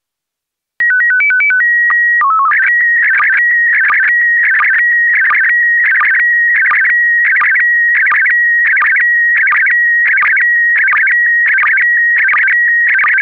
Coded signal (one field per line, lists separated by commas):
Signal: SSTV (slow-scan television)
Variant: PD 90